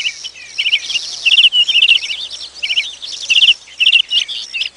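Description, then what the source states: Bird song, a busy stream of sharp chirps and rattling trills coming in irregular bursts, with thin high twittering behind. Bird-sound ringtone, April 2022.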